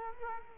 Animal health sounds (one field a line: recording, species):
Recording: mosquito wingbeat signal from an infrared sensor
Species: Culex quinquefasciatus